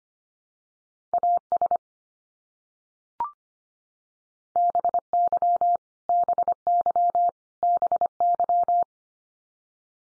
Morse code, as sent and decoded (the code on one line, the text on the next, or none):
.- ... / -... -.-- / -... -.-- / -... -.--
AS BY BY BY